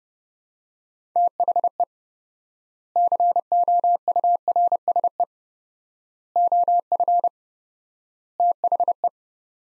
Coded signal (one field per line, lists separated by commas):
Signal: Morse code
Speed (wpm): 32 wpm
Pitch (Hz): 700 Hz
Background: none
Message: THE COURSE OF THE